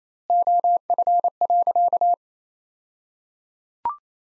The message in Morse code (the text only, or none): OF.